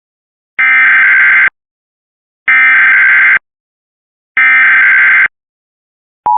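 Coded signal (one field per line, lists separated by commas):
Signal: Emergency Alert System (SAME) tones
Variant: header bursts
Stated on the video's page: Alerts played back with a weather alert archive app on an iPad Air 2, including required monthly tests, a dust storm warning, a flash flood watch and a hazardous materials warning.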